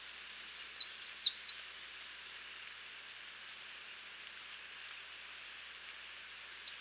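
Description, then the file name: American redstart, high thin song of quick zigzag notes, one phrase early, faint notes, then a wavering phrase at the close. "Setophaga ruticilla - American Redstart"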